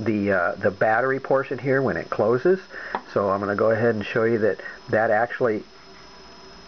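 Someone talks while handling the modified battery portion of a homemade device, about to close it into its hollowed-out housing, where it locks into place. Speech fills the clip until about 5.6 seconds, followed by a quiet, steady hum. Nothing has seated or clicked yet.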